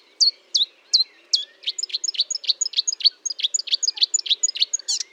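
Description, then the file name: Marsh warbler song: a few spaced high notes, then a rapid stream of alternating high and lower sharp chirps. Recorded at Fontaine-Française (Fourneau) on 1 June 2022 at 10:55, using Nagra and Telinga equipment. "Rousserolle verderolle 20220601 1055 Fontaine-Francaise-Fourneau-Nagra-Telinga"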